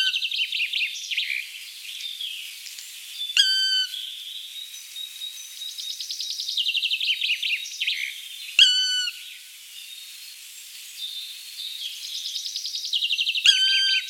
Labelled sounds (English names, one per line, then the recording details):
Black Woodpecker
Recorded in the wild
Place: Jägerhof / Breisach am Kaiserstuhl, Baden-Württemberg, DE
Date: 1986-04-05
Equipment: Uher Report Monitor
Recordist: Schwarz, Dieter